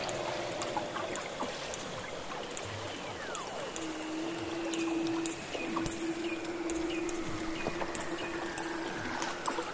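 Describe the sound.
Weddell seal calls: a long steady low hum with several descending swooping whistles and faint clicks against a noisy background.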